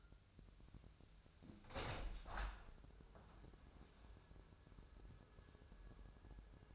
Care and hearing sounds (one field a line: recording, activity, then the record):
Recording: daily activity, microphone in the room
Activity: open window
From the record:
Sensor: 2